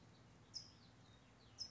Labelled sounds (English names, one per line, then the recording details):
California Towhee
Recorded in Sonoma County, California